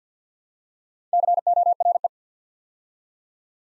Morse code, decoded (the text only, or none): CORE